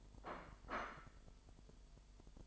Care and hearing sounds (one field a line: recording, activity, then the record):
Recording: daily activity, microphone in the room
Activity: place plate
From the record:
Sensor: 5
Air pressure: 1002.1 hPa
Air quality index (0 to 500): 224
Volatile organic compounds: 28 ppm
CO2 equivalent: 2908 ppm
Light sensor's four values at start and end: 10/24/10/11 and 10/24/10/11